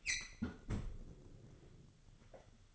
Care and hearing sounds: daily activity, microphone in the room; close fridge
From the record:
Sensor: 4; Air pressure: 1008.6 hPa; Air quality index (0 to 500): 79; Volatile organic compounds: 1 ppm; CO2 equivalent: 644 ppm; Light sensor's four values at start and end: 13/29/12/12 and 14/31/13/13

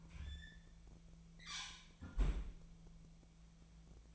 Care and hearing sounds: daily activity, microphone in the room; close fridge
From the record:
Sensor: 1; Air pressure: 1009.7 hPa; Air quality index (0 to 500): 193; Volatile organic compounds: 19 ppm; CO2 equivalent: 2650 ppm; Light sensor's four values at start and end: 29/74/31/37 and 29/75/31/37

